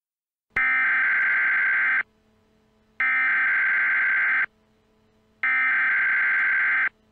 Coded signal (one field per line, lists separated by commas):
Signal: Emergency Alert System (SAME) tones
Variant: header bursts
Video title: EAS Scenario - Black Hole